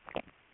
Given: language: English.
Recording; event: throat vibration sensor signal played as sound; swallow